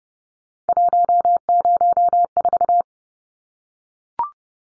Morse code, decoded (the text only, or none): 104